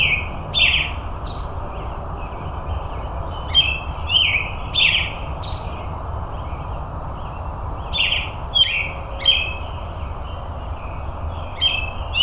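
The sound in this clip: Robin song: short high chirping notes in loose bursts, some sliding sharply upward, with brief pauses between groups over a steady low rumbling background noise.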